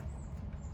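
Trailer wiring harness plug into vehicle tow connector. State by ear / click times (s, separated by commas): not seated / none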